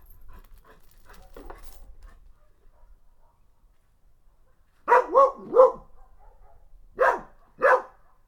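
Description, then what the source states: Dog barking after a few seconds of faint low rustling: three quick barks in a row, then two more single barks. Mixed-breed dog named Mia.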